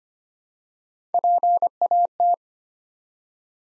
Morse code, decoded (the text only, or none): PAT